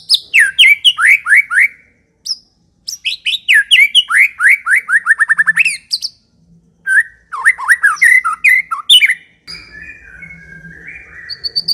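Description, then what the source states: White-rumped shama singing loud, varied phrases: fast trills of downslurred whistles, bursts of rapid notes, brief pauses, and a few thin high whistles near the end. Long-duration song used as a lure (pikat) for white-rumped shama.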